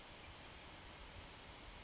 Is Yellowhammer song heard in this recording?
no